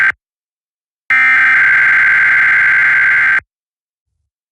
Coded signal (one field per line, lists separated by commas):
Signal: Emergency Alert System (SAME) tones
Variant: header bursts